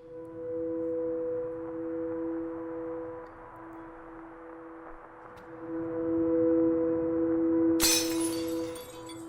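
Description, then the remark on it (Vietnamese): A steady low droning hum runs throughout, then near the end a sudden loud crash bursts out in a small, quiet hamlet, with bright shattering and clattering as things are smashed, fading over about a second. “Trong cái xóm nhỏ yên bình vốn ngày thường tĩnh lặng, tự dưng bỗng vang lên âm thanh đập phá loảng xoảng và tiếng kêu khóc của một người phụ nữ.”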